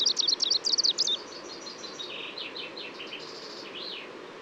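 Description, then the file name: Greenish warbler song: a short burst of rapid, high, zigzagging notes, followed by softer, lower chirps. Subspecies viridanus, recorded at Labská důl, Czech Republic, on 26 May 2018. "180526 BIO greenishw-viridanus-1-M-S cz labska-dul"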